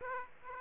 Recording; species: mosquito wingbeat signal from an infrared sensor; Aedes aegypti